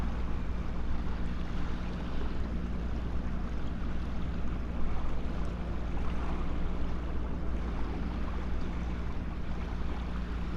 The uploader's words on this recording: Estuary bleak passing ship. This is the very last segment of an amazing overnight recording the Lento box captured several years ago from the seawall just east of Burnham-on-Crouch.